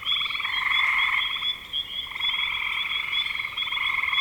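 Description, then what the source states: Many frogs producing fast, grating pulsed trills that run almost continuously, dipping briefly, with a steady high tone. Recorded in spring 2025.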